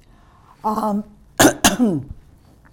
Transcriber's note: clears throat